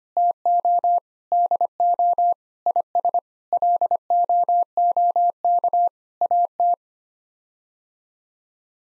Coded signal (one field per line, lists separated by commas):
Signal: Morse code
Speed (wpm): 25 wpm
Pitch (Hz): 700 Hz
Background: none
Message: TO DO IS LOOK AT